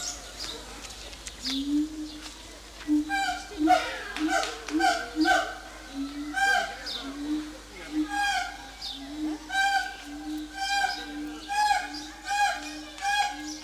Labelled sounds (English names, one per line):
Siamang